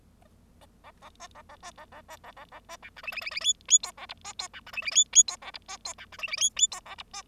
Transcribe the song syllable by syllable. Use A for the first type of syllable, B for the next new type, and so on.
A A A B A A B A A B A A A B C D E E E E F F G A H B G C D E E F F G A H B G C D E E F F G A H B